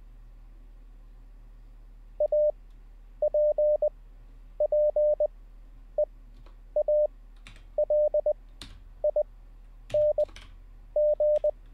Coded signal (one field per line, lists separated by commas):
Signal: Morse code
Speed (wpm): 20 wpm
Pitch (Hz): 600 Hz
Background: none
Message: APPEALING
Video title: How To Learn Morse Code LIVE with N0SSC (Day 14)